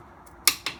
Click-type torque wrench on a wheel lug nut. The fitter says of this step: the next thing I do is I'll check I'll go on a circle and I'll click every last one to make sure everyone is set right